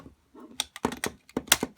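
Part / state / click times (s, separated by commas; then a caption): plastic toy phone piece onto pegs of a role-play toy gadget / seated / 1.5 s. A transformed plastic toy phone piece is plugged onto the pegs of a role-play toy gadget, producing a series of short, sharp plastic clicks and clacks. The loudest click at 1.5 s marks the part snapping onto the pegs, after which it is locked firmly in place.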